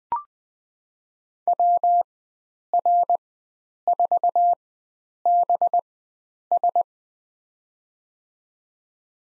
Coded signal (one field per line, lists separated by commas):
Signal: Morse code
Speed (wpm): 20 wpm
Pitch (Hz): 700 Hz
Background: none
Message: WR4BS